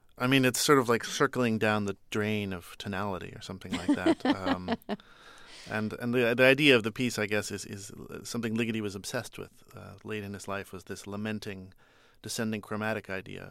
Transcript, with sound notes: I mean, it's sort of like trickling down the drain of tonality or something like that.
(LAUGHTER)
And the idea of the piece, I guess, is something Ligeti was obsessed with late in this life, was this lamenting, descending chromatic idea,